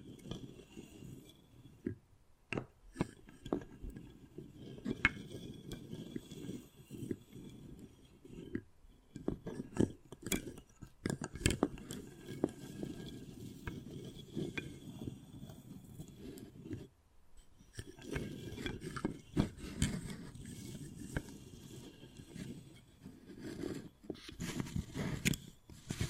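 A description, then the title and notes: Wood carving: a steady low scraping and rasping runs through most of the clip, broken by sharp, bright taps and clicks scattered every second or so. The scratching drops out briefly near 17 seconds, then resumes with more clustered knocks. ASMR Addictive Wood Carving, Tapping and Scratching Sounds (No Talking).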